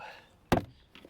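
A flat tool wedged between the plastic door trim panel and the metal door at the bottom edge is pulled outward on a 2004–2011 Mitsubishi Endeavor front driver door during a window motor replacement. A plastic retaining clip releases with a sharp pop at 0.5 s, followed by a short rattle and faint light taps near 1.0 s. The clip has popped out of the door frame.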